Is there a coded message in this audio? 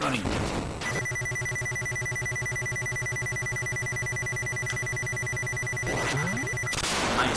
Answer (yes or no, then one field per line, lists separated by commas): no